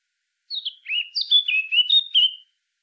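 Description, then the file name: Eurasian blackcap song: one brisk two-second phrase of tumbling, varied notes that shift from scratchy to clear and fluted. "Sylvia atricapilla"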